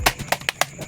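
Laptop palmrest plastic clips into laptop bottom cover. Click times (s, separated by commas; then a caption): 0.1 s, 0.5 s, 0.6 s. The plastic palmrest (top case) of an old ASUS X45A laptop is lined up and its edges pressed down gently, and its plastic latches snap into the laptop's bottom cover with sharp clicks at 0.1, 0.5 and 0.6 s among other short taps. Each click means a latch has engaged, and the palmrest is seated.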